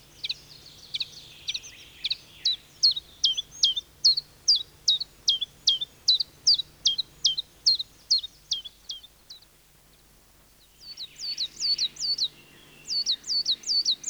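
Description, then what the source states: Common Chiffchaff repeating sharp, high notes in a long even series, falling silent for about one and a half seconds, then resuming the same rhythmic pattern. Wild bird in spruce forest in Finland; small greenish-grey bird, common throughout the country, that says its own name.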